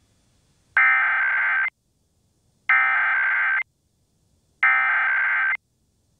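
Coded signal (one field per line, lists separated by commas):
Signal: Emergency Alert System (SAME) tones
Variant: header bursts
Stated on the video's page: Required Monthly Test on an Oklahoma City television subchannel, recorded with a Tablo Quad.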